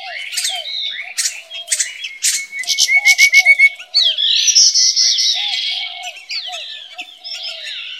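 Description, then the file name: Rufous-capped babbler song, a short rapid series of level piping notes amid a busy chorus of chattering, squeaky birds and a faint steady high tone. "山紅頭"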